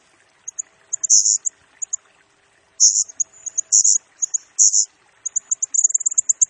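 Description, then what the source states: Blue-crowned hanging parrot song: high sibilant chips mixed with longer buzzy squeals, ending in a quick series of thin notes. Lure and tutor recording for training and attracting birds; bird sings energetically (gacor) in rapid nembak style, said to stir up all other birds.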